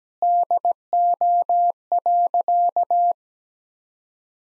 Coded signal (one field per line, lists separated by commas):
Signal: Morse code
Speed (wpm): 17 wpm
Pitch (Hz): 700 Hz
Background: none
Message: DO.